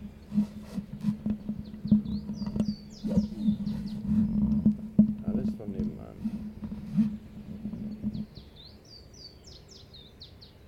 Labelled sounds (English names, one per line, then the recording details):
Willow Warbler
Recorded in captivity
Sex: male
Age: adult
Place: Volierenanlage, Zoologisches Institut Universität Tübingen, Baden-Württemberg, DE
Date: 1964-05-27
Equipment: Nagra III PH, Parabolspiegelmikrophon, LGS26
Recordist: Schneider, Hans-Joachim